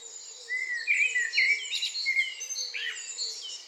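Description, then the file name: Eurasian blackbird singing one flowing fluted phrase with a squeaky twittered ending, other small birds chirping high behind. "Turdus merula"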